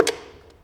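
A safety latch on an e-bike frame, which holds the battery, is flipped open so the battery can be removed. A sharp click sounds at 0.1 s, followed by a faint tap near 0.5 s, and the latch is released.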